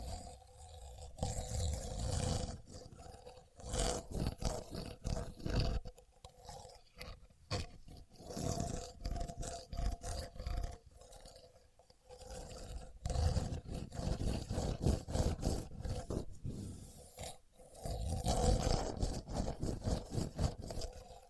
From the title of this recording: Using A Contour Gauge (No Talking)